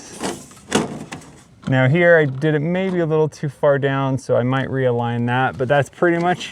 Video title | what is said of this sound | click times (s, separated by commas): Easy Professional Track Lighting Kit, Appeck Permanent Outdoor Lights Pro | and then push the back in to snap into place. | 0.8 s